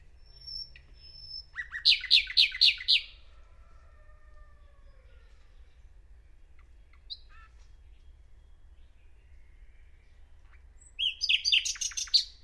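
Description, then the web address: Bird song: a high whistled note, then a loud burst of rapid repeated notes, a long quiet stretch with a few faint notes, and another similar burst at the end. "Bird Only"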